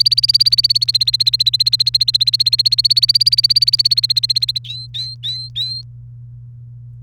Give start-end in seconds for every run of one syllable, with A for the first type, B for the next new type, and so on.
0.00-4.58 A, 4.64-5.82 B